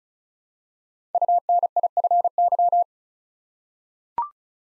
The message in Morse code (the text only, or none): UNIFY